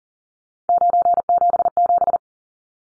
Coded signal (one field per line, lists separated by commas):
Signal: Morse code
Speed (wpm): 40 wpm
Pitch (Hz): 700 Hz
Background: none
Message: 977